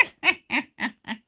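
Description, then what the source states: Eurasian jay calls: five short, rough, chuckling bursts given in a steady series about a quarter second apart. Recorded 28 February 2019.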